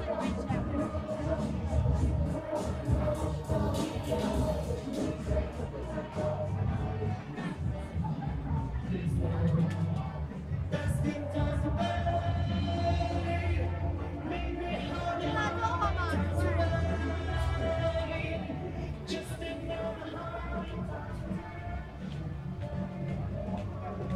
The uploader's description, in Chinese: 重庆洪崖洞